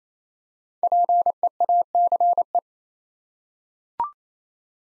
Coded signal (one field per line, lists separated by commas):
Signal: Morse code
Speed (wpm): 29 wpm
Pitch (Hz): 700 Hz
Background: none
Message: PEACE